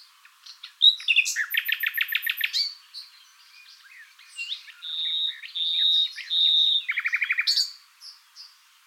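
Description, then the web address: Common nightingale song with a loud rapid trill of repeated notes, sustained clear whistled notes in a row, and a final quick stuttering run. "SETE Luscinia megarhynchos"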